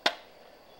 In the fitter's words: chamber. Make sure it clicks in.